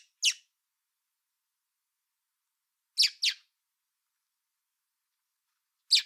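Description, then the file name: Common blackbird giving spaced, piercing chink calls: one note, a pair three seconds later, then another single, with nothing else audible. "Turdus merula"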